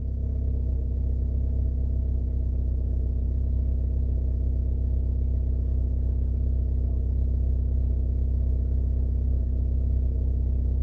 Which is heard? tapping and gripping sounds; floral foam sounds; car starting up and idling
car starting up and idling